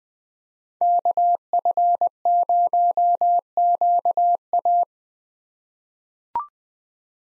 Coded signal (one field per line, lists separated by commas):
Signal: Morse code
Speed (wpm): 21 wpm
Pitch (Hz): 700 Hz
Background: none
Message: KF0QA